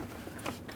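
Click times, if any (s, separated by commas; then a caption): none. The cabin air filter door is slid into the filter housing of a 2008-2017 Buick Enclave, with low handling and scraping noise and a brief louder sound at about 0.5 s. Nothing has seated or clicked yet; the four locks are not home.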